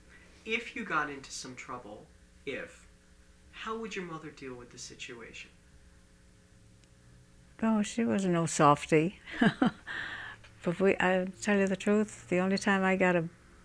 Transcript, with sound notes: If you got into some trouble, if, how would your mother deal with the situation?
Oh, she was no softie. ( she laughs ) To tell you the truth, the only time I got a